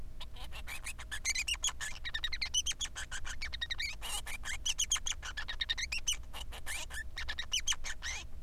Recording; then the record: song of a male Bengalese finch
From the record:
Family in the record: son of father 3